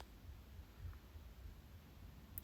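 While a seized compressor is being replaced on a Hotpoint FFU3DX fridge, the head of an aluminium compressor mounting clip is twisted in the compressor mounting plate, with quiet low rumbling and a faint tick near 0.9 s. A sharp click comes at 2.4 s as the clip locks into place, and it is seated and secure.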